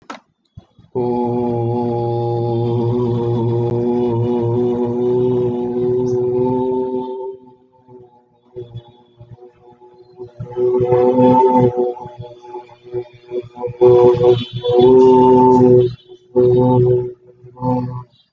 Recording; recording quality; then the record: sustained vowel as in boot; excellent, no background noise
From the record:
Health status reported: healthy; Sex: male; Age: 20 years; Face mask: worn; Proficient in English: yes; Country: India